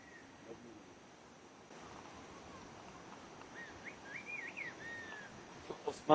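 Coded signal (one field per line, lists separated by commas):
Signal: whistled language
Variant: Turkish Kuş dili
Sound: several loud gliding whistles rising and falling between mid and high pitch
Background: outdoor ambient noise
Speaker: the whistles can travel much further than shouting if you don't believe me watch this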